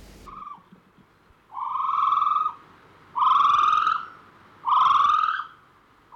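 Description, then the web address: Kiwi calling with shrill, rising whistled notes about a second long, three full calls repeated about every one and a half seconds, with clipped partial calls at the start and end. "birds sound kiwigs"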